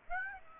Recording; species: mosquito wingbeat signal from an infrared sensor; Aedes aegypti